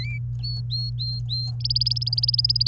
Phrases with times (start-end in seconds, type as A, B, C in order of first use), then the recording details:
0.00-0.18 A, 0.43-1.51 B, 1.60-2.67 C. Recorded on 28 April 2018 at 07:31. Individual llb3